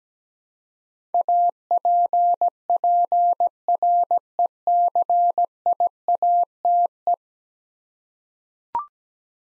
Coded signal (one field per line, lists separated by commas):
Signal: Morse code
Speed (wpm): 17 wpm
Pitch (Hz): 700 Hz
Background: none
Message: APPRECIATE